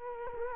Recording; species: mosquito wingbeat signal from an infrared sensor; Culex quinquefasciatus